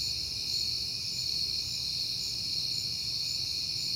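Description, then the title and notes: Crickets in a continuous high trilling chorus, several pitches blending, over a low background hum. Crickets recorded outdoors on a peaceful night in September. "Night Time: Crickets and Passing Cars. It is September and I have been hearing the crickets a lot, but finally had a peaceful night to make the recording"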